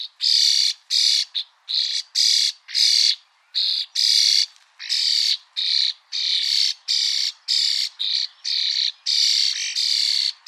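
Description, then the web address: Bird repeating loud, rasping squawks almost continuously, each note coarse and buzzy. "Deverinetal 2025. Bird Only"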